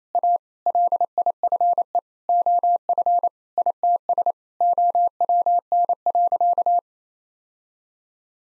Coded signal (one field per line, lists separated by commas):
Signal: Morse code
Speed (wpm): 28 wpm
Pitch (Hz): 700 Hz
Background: none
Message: A LIFE OF ITS OWN.